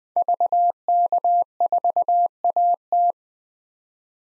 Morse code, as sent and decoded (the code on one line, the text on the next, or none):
...- -.- ....- .- -
VK4AT